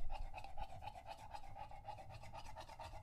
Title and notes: English Bulldog Drinks from Water Bowl - Weird Sounds. listen to Lucho the English Bulldog as he tries to drink water after a long walk. Don't let his heavy breathing fool you in between drinks, he's equally out of breath from the walk